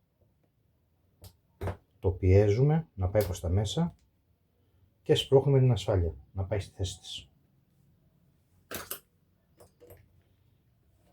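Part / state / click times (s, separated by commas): hydraulic hose fitting into roof hydraulic cylinder port with safety clip / not seated / none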